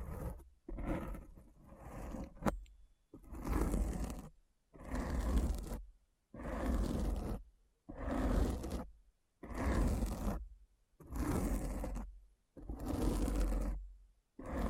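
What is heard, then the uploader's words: Deep, rough scratching in regular strokes about every one and a half seconds, each a dense low rasp separated by brief silences, with a sharp click near two and a half seconds. ASMR Deep Brain Scratch (No Talking).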